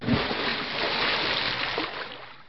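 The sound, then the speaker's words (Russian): A heavy splash as a wolf, weighed down by heavy stones, drops into a river, a loud burst of churning water that washes on for a couple of seconds before slowly fading. “Но камни были такими тяжелыми, что волк не удержался и упал в реку.”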